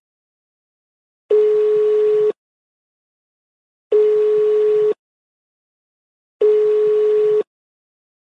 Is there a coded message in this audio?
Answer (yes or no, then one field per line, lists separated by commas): no